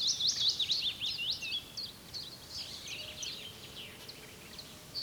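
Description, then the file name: Eurasian blackcap warbling a quick burst of twisting high notes at the start, trailing off into fainter scattered phrases against a noisy background. "Sylvia atricapilla"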